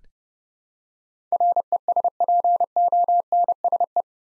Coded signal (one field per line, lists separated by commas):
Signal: Morse code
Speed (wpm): 30 wpm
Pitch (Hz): 700 Hz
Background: none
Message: RESPONSE